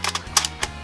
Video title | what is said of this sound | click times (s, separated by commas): TAG BACK! - BuzzBee Double Shot Shotgun (2003) - Walcom S7 | you just push the shell in there until it clicks | 0.4 s